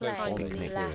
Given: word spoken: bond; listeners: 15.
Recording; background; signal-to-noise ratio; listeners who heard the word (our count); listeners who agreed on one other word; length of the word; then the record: one English word in noise, from a listening test; four-talker babble; -2.7 dB; 0 of 15; 8 of 15; 0.55 s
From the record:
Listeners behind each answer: 8, 1, 1, 1, 1, 1, 1, 1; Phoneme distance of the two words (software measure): 44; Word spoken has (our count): 1 syllable, 4 phonemes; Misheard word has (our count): 2 syllables, 6 phonemes, stress on syllable 1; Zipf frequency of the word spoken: 4.46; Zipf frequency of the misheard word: 4.04